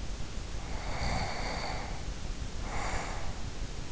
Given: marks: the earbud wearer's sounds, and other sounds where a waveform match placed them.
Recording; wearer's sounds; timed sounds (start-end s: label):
sounds in sleep by an in-ear microphone; breath
0.57-3.50 s: breath